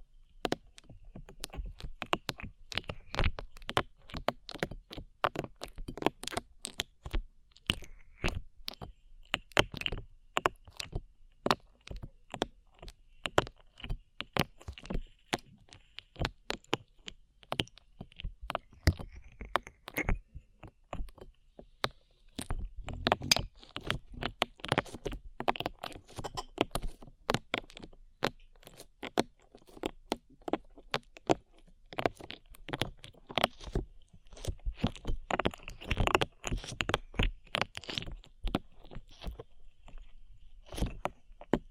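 Slime being squeezed and pressed makes a dense run of sharp, sticky clicks and crackles with no pause for the whole 42 seconds. The pops come fast and irregular, bright and crisp, growing thicker and wetter around the middle before thinning slightly toward the end.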